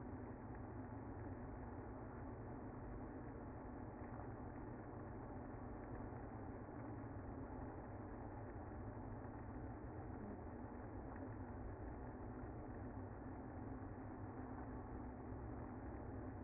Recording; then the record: honeybee colony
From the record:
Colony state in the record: active